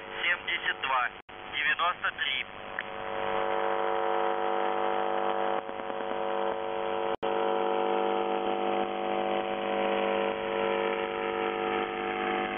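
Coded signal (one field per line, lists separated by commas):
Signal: numbers station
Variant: UVB-76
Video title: The Buzzer/UVB-76(4625Khz) May 7th 2020 15:49UTC Voice message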